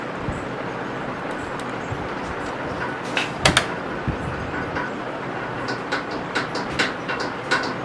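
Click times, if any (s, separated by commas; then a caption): 3.5 s, 3.6 s. An 8 GB XPG ADATA GAMMIX D30 DDR4 3200 MHz memory module is centred in a motherboard DIMM slot with its side locks opened, then pressed down. Over a steady background hiss with soft scattered ticks, a quieter knock at about 3.2 s leads into two sharp snaps at 3.5 s and 3.6 s as the retention latches close. The module is seated.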